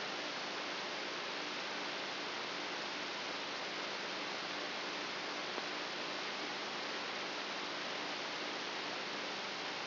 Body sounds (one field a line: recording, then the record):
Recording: brain microelectrode recording played as sound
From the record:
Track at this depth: outside the subthalamic nucleus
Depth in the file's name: 7.04 mm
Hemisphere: right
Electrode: 2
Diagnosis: Parkinson's disease